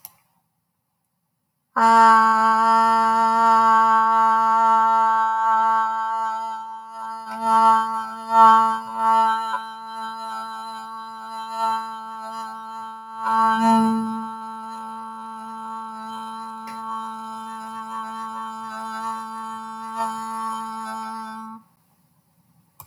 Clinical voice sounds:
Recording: vowel held as long as possible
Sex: female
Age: 30 to 39 years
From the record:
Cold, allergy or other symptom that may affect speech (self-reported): no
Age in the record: 30 years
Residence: Florida, United States

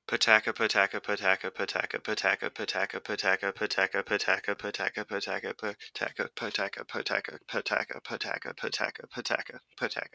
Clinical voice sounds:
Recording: repeated syllables /pa ta ka/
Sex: male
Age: 20 to 29 years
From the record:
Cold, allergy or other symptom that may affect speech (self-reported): no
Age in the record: 24 years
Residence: Ohio, United States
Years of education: 17

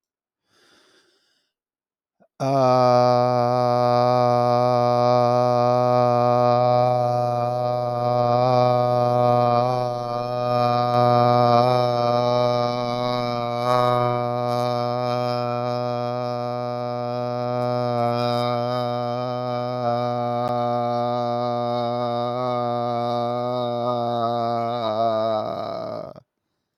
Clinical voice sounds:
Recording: vowel held as long as possible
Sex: male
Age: 40 to 49 years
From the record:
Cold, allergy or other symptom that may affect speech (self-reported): no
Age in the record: 42 years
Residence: Florida, United States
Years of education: 14

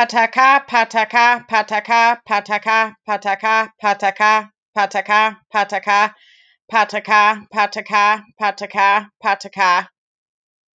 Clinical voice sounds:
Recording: repeated syllables /pa ta ka/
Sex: female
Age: 20 to 29 years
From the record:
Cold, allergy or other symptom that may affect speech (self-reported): no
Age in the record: 29 years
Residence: Michigan, United States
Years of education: 14

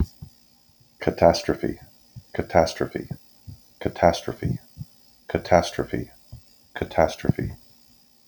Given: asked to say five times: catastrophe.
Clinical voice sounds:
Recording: repeated word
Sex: male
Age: 30 to 39 years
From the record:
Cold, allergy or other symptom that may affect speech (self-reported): no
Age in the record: 39 years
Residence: Virginia, United States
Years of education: 17

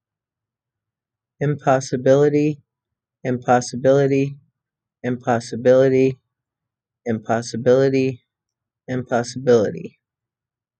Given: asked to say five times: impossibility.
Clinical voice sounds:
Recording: repeated word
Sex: female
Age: 50 to 59 years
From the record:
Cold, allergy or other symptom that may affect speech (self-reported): no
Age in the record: 55 years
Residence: Illinois, United States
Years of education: 16

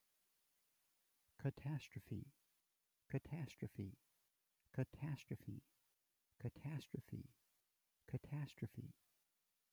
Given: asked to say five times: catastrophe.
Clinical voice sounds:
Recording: repeated word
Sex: male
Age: 50 to 59 years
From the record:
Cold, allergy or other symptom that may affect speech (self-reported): no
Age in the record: 57 years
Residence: Texas, United States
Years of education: 21

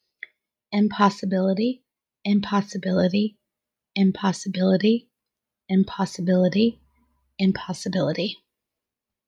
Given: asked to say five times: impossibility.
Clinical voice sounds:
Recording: repeated word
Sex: female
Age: 30 to 39 years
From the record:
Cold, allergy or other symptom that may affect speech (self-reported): no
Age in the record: 31 years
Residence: Pennsylvania, United States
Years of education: 12

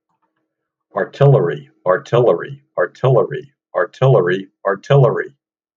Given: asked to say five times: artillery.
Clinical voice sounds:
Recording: repeated word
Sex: male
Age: 60 to 69 years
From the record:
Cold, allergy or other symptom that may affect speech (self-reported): no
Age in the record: 69 years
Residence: Delaware, United States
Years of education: 17

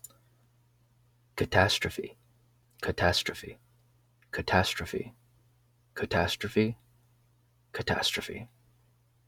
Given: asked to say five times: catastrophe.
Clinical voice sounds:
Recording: repeated word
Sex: male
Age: 20 to 29 years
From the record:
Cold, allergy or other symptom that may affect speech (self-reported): no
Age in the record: 23 years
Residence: New York, United States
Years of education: 16

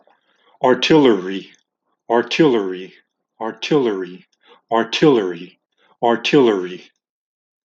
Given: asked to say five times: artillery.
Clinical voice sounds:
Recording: repeated word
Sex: male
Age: 40 to 49 years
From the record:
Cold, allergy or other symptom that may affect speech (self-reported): no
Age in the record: 42 years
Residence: Texas, United States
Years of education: 19

